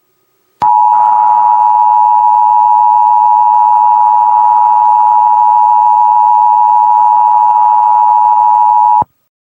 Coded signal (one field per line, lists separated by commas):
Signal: Emergency Alert System (SAME) tones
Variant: 853 and 960 Hz attention tone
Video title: EAS Recreation: Tsunami Warning from the Tohoku earthquake & tsunami (03/11/11) | Terra TV TWC